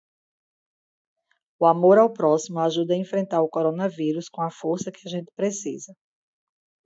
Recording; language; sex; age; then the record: spoken sentence; Brazilian Portuguese; female; 50 to 59 years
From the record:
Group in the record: control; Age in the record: 50 years